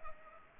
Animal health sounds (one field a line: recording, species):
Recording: mosquito wingbeat signal from an infrared sensor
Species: Culex pipiens